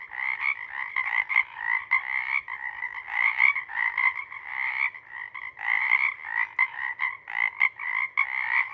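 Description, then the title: Pacific chorus frog chorus, many frogs calling rapidly in rolling waves, with a brief lull midway before the calling builds again. Pond chorus in pre-morning twilight as the late night wanes; the full chorus waxes and wanes in successive waves that circle the pond. "Chorus Frogs, Chorus Waxes and Wanes, pre-morning-twilight"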